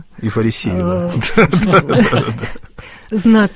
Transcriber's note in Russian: Смеется